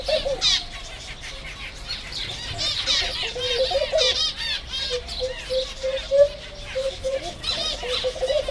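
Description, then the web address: White-handed gibbon hoots, tonal notes sliding up and down, ending in a run of quick repeated whoops, with many birds chattering and squawking behind. Captive at Jászberény Zoo, 30 April 2016, with many bird species. "allathangok jaszberenyizoo 2016 madarak tobbfelemadar feherkezugibbonis 04 30"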